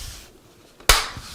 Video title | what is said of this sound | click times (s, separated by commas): Acer Aspire Z3-710 PART 2 | you should hear it lock in | 0.9 s